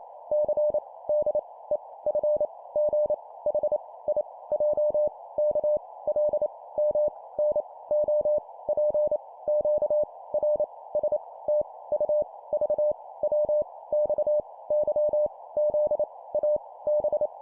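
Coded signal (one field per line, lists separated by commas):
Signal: Morse code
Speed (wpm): 28 wpm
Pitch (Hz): 600 Hz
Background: none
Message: C D E F G H I J K L M N O P Q R S T U V W X Y Z A B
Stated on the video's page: Computer-generated 25 wpm Morse practice drill of random letters.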